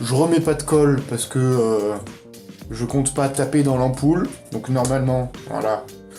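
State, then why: Not seated. Someone talks while handling the plastic diffuser dome of an LED bulb, about to press it back onto the bulb base without glue because the bulb will not be knocked. Speech fills most of the clip with quieter gaps, and nothing has seated or clicked yet.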